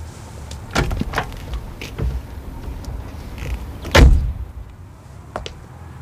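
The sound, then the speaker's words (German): A car door opens with a few latch clicks and rattles, then shuts with one solid thump, followed by a faint click. There is no talking. “Vor der Tür stand ein fremder Wagen.”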